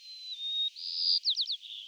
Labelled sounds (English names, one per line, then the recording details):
White-crowned Sparrow song
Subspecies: nuttalli
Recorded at Gualala, California, in 2014
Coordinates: 38.758, -123.527
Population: north
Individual GUA_male4_14